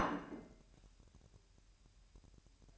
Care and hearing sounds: daily activity, microphone in the room; place plate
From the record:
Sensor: 2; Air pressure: 1001.9 hPa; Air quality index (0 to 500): 248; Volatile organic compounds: 40 ppm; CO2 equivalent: 3141 ppm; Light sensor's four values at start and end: 8/28/11/10 and 8/28/11/10

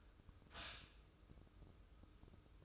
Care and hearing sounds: daily activity, microphone in the room; stop toaster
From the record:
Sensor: 2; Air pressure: 995.0 hPa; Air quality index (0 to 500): 58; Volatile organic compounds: 1 ppm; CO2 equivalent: 967 ppm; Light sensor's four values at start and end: 17/54/21/20 and 17/54/21/20

